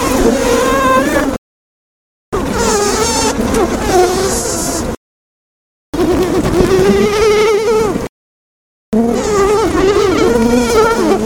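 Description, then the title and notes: Honey bee colony hum, a buzzy droning chorus that wavers and swells in pitch, heard in four loud stretches separated by brief silences. Honey bee colony under attack by giant hornets. "Lyd fra bier når kolonien ble angrepet av kjempeveps. by forskningno"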